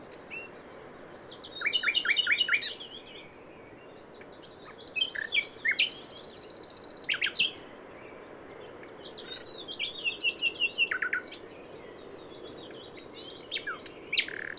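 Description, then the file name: Common nightingale song: varied phrases with quick repeated notes, a high buzzy trill, and rattling bursts separated by short pauses. "Luscinia megarhynchos"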